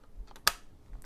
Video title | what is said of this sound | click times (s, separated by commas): Sewcial Sunday - Preview of Opossum Bag and Marlin Backpack | there you go it locks in place and there's actually | 0.5 s